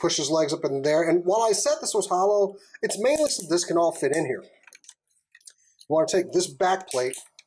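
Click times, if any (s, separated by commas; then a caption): none. Someone talks while transforming a plastic toy lion figure, pushing its legs up and getting ready to fold a section back up into the lion's body. In a short pause a few faint, light handling ticks are heard. The section has not clicked into place yet, and nothing has seated by the end of the clip.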